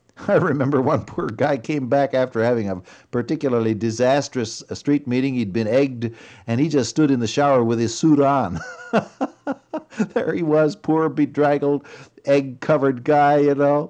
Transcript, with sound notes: I remember one poor guy came back after having a particularly disastrous street meeting, he’d been egged and he just stood in the shower with his suit on. [laughter] There he was, poor, bedraggled, egg-covered, you know.